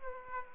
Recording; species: mosquito wingbeat signal from an infrared sensor; Aedes aegypti